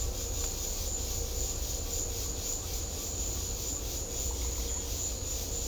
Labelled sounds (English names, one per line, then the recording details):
none
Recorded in secondary vegetation near Puerto Asís, Putumayo, Colombia, on 18 December 2024 at 13:00
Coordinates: 0.500, -76.326
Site G065